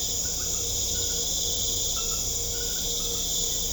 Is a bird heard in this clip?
no